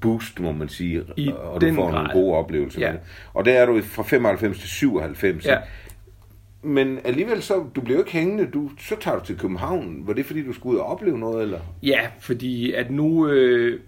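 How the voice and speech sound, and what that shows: Fluent Danish conversation between adult men: an interviewer speaks at length, with brief replies from a second speaker; ordinary speech.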